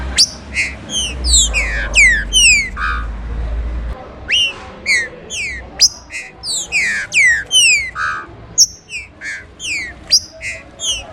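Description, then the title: Green-winged Saltator song: rapid, varied phrases of sharp downslurred whistles and chirps, with a low rumble of background noise during the first four seconds. "Trinca Ferro"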